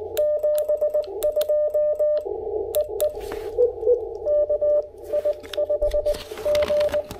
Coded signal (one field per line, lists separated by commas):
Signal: Morse code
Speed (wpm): 18 wpm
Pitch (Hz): 590 Hz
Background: radio noise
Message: 72 EE KI5G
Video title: Cabin POTA: Pairing the IC-705and MC-750 vertical at Gorges State Park!